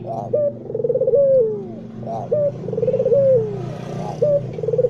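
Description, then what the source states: Barbary dove cooing repeatedly, each call a brief note followed by a trilled, falling coo, about every two seconds over a steady low hum. White (putih) Barbary dove; Indonesian masteran used to train songbirds to copy its call.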